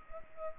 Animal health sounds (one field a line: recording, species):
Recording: mosquito wingbeat signal from an infrared sensor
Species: Culex pipiens